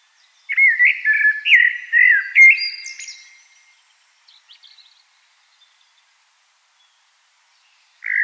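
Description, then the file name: Common blackbird song: a loud warbled phrase of fluted notes with a twittering end, a few faint chips, then a new phrase starting. "Turdus merula"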